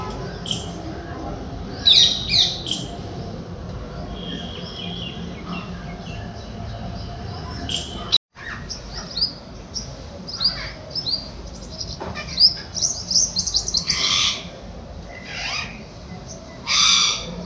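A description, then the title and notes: Birds call in short, bright chirps and trills scattered through the recording, with a busier cluster of quick notes around twelve to fourteen seconds and another near the end. A low, steady rumble sits underneath, and the sound cuts out briefly just after eight seconds. Random collection of bird calls.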